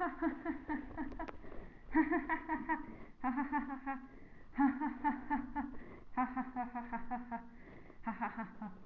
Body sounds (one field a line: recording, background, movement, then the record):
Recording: laughter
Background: quiet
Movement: sitting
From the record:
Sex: female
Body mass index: 22.6 kg/m2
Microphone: on the chest, facing the body